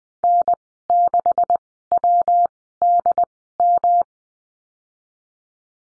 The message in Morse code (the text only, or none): N6WDM